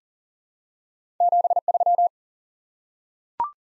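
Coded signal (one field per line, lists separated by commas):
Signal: Morse code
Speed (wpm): 40 wpm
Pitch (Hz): 700 Hz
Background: none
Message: 73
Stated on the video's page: Morse code head-copy drill of the top 20 QSO elements at 40 wpm, each element sent, then spoken, then sent again.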